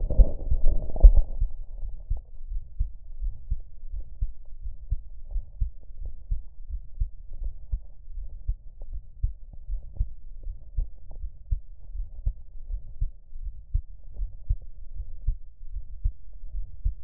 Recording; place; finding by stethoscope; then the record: heart sounds by stethoscope; pulmonary valve (PV); normal heart sounds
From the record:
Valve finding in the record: normal valve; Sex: male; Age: 66 years